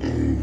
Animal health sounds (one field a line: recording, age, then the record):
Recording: pig call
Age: growing-finishing pig (85 days or more)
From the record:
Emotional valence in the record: negative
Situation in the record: barren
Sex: female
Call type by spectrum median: low-frequency call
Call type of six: low-frequency modulated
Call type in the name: low-frequency modulated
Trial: 1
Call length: 0.42 s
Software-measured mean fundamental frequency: 64 Hz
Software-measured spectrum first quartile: 98 Hz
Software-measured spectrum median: 220 Hz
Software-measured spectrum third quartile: 345 Hz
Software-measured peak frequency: 277 Hz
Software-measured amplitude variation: 161 dB a second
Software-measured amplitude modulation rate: 31.8 a second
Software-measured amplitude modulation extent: 5.1 dB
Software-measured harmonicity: -0.8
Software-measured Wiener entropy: -0.96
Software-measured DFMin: 908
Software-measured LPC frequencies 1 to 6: 307, 1866, 2970, 4918, 5853, 6859 Hz